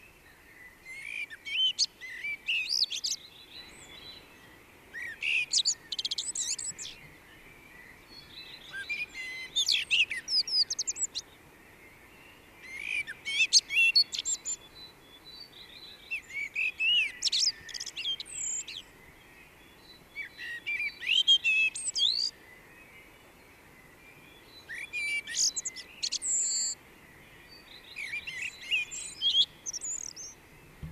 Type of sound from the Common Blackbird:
song